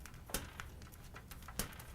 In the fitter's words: and snapped in so now we've successfully gone ahead and installed our IO Shield